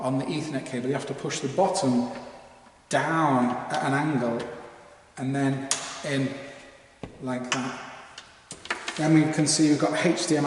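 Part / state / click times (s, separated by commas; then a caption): ethernet cable plug into equipment network port / seated / 8.7 s. An ethernet cable plug is pushed into an equipment network port that has a spring-loaded hinged flap, with the bottom tab pressed down at an angle before the plug goes in while a man talks. A few small ticking clicks follow, the loudest at 8.7 s, where the plug latches and seats in the port.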